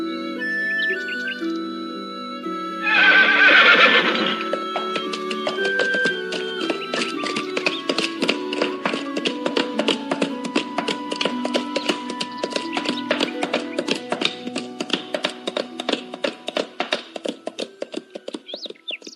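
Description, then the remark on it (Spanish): A horse gives one loud, shrill whinny as an armed rider mounts it on a hot July morning, followed by hooves clip-clopping in a steady, brisk rhythm as it leaves a corral by the back gate for the countryside, continuing for a while and gradually growing fainter. “se armó con todas sus armas, subió sobre Rocinante y sin dar cuentas a nadie, salió al campo por la puerta falsa del corral”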